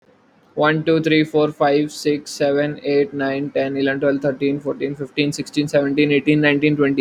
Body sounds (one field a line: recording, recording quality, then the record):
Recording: counting at a normal pace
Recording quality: excellent, no background noise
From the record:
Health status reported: healthy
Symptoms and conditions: cough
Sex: male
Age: 20 years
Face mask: not worn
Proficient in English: yes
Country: India